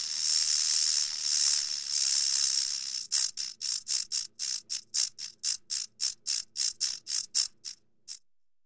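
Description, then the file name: Rattlesnake rattle: a continuous high dry buzz for about three seconds, then broken into a rapid series of short buzzing bursts that stop. "Treschotka gremuchei zmei"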